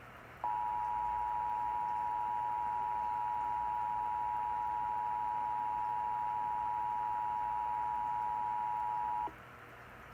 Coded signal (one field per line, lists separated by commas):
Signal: Emergency Alert System (SAME) tones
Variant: 853 and 960 Hz attention tone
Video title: EAS alerts from 10/31/30 - 11/4/20 EAS#343-353